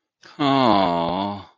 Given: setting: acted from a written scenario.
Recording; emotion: vocal sound without words; disappointment